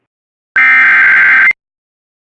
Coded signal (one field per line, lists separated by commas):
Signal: Emergency Alert System (SAME) tones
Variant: header bursts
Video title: EAS #59-63: 5 Severe T-storm Warnings